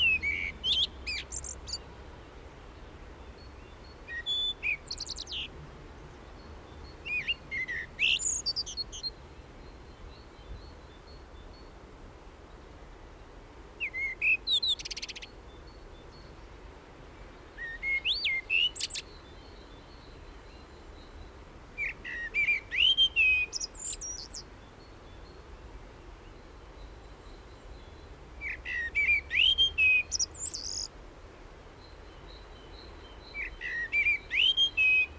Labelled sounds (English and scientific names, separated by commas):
Common Blackbird (Turdus merula) song